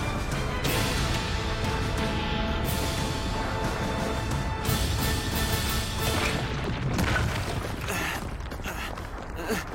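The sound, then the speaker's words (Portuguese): A loud, sustained explosion roars with a dense rumble, broken by sharp crashing bursts throughout and fading slightly toward the end, with no one speaking. It is an explosion in a fight with Jiren in the anime Dragon Ball Super, Portuguese dub. “Eu acho que é capaz de ter sido um bocado exagerado deixar que a explosão me atingisse.”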